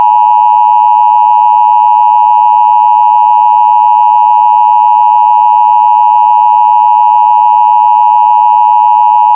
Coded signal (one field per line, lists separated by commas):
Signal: Emergency Alert System (SAME) tones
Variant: 853 and 960 Hz attention tone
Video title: EAS Scenario: Tartarus